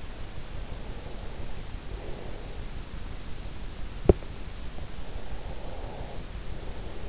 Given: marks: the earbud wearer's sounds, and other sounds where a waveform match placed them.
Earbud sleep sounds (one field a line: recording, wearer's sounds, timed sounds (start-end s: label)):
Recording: sounds in sleep by an in-ear microphone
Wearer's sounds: breath, teeth grinding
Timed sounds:
1.07-2.87 s: breath
3.91-4.32 s: teeth grinding
5.15-7.09 s: breath